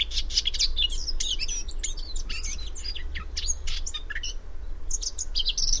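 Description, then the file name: Eurasian blackcap making busy, clicking and twittering notes in quick irregular bursts, with a brief pause near the end, all above a steady low rumble. "Sylvia atricapilla"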